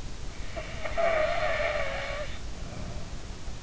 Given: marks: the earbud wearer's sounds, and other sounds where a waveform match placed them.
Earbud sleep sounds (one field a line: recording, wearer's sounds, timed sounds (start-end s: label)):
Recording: sounds in sleep by an in-ear microphone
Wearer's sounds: snoring breath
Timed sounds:
0.91-3.22 s: snoring breath